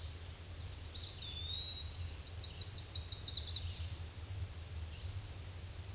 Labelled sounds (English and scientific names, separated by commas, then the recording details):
Eastern Wood-Pewee (Contopus virens) song
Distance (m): 25 m
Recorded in a Pennsylvania forest on 18 May 2023 at 06:35
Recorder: AudioMoth, point grid1_18_low
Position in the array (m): 168 m, 156 m